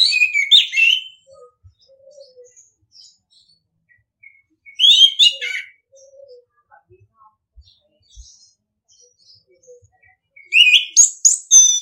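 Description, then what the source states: Orange-headed thrush song: three bursts of rich, rapid warbled phrases about five seconds apart, with soft low chirps in between. Training audio for other birds; singing style called ngeplong.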